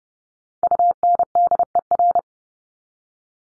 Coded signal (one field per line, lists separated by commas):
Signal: Morse code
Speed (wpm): 30 wpm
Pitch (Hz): 700 Hz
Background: none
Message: UNDER